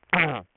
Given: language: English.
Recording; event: throat vibration sensor signal played as sound; throat clearing